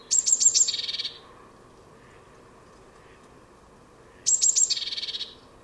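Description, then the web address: Bird calls with a few sharp high ticks running into a buzzy chattering churr, the phrase repeated after a pause of about three seconds. "Deverinetal 2025 File origin Bird Only Cy Ca"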